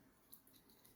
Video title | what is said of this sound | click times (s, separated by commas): R.o.t.F. Constructacons Transform! 1/2: Studio Series Devastator Part 9: Blindformers 49 | now there's a little click and this part will be into place and | 0.5 s, 0.8 s